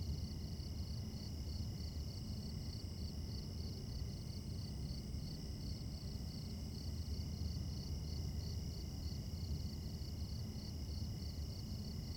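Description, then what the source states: Crickets chirping in a steady, continuous pulsing chorus over a constant low rumble of traffic. Mostly crickets at night in a suburban setting with a distant highway.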